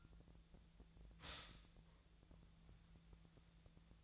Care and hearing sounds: daily activity, microphone in the room; stop toaster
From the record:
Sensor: 3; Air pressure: 1009.3 hPa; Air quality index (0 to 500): 198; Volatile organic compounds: 17 ppm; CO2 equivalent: 2564 ppm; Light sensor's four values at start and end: 32/80/34/36 and 32/81/34/36

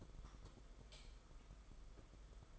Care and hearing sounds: daily activity, microphone in the room; light off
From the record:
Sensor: 5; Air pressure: 991.0 hPa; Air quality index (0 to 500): 109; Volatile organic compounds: 25 ppm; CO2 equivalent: 2827 ppm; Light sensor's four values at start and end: 19/48/19/21 and 18/43/17/19

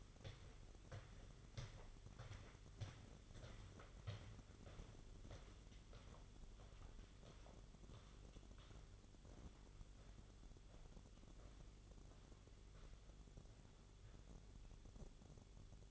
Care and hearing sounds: daily activity, microphone in the room; walk to room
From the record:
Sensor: 4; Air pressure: 1008.9 hPa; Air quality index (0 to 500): 144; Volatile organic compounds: 2 ppm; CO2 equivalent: 1038 ppm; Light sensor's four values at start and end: 11/26/10/10 and 13/31/12/12

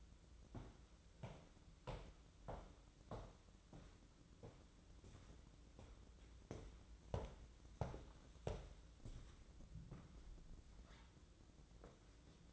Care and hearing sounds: daily activity, microphone in the room; walk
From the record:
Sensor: 3

